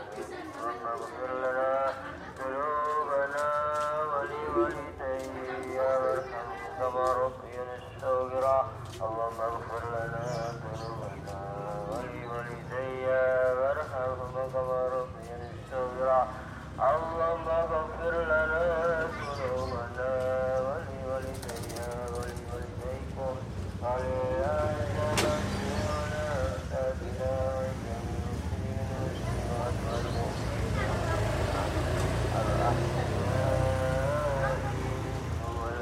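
Street ambience in Surabaya, East Java, at the time of the evening call to prayer. Voices and wavering sung tones fill the first half, with traffic rumble underneath that grows steadier and louder toward the end, plus a sharp click near twenty-five seconds.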